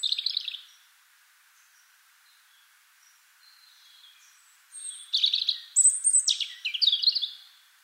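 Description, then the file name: European robin song: a short high warble, a faint quiet gap, then a loud burst of high whistles and trills. "Erithacus rubecula"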